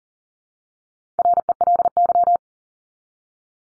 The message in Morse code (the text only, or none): RELY